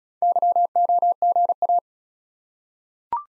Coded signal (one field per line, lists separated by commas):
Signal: Morse code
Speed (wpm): 36 wpm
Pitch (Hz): 700 Hz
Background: none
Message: YOGA